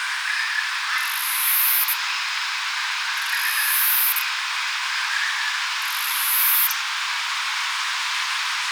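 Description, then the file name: Myopsalta umbra singing a very high, thin buzz in three bursts of about one second each, every two to three seconds, over a continuous broad hiss. Recorded at Mt French. "Myopsalta umbra Mt French"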